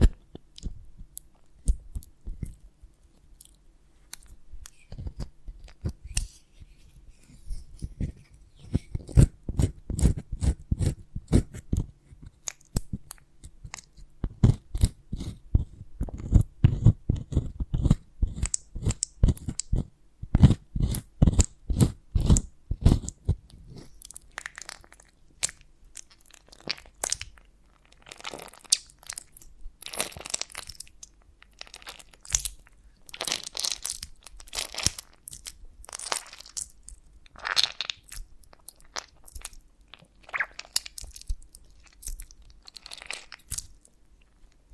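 Honeycomb on a branch being handled in ASMR style, with dense runs of sharp crackling snaps and crunches. From about 8 to 23 seconds the crunches are heavier and thicker, with a deeper body. Later the sounds turn lighter, brighter and more scattered, like sticky tearing and crisp breaking.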